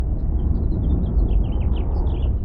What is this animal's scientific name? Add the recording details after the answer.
Haemorhous mexicanus. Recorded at Neponsit on Long Island, New York, on 4 June 1975. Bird A